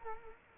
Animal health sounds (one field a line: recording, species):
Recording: mosquito wingbeat signal from an infrared sensor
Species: Culex quinquefasciatus